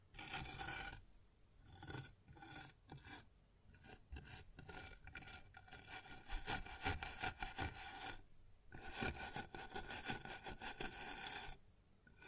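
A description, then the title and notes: Rough rubbing and rasping on a wooden surface, like filing or scraping wood in repeated strokes. The strokes come in bursts of about a second each, separated by short gaps, and grow denser and steadier from around six to eight seconds before pausing and resuming. ASMR Sounds on Wooden Surface (No Talking).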